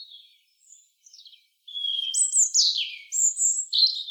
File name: Erithacus rubecula